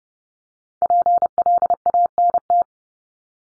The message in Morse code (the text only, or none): PLANT